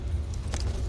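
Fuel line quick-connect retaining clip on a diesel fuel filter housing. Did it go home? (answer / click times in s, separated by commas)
yes / 0.5 s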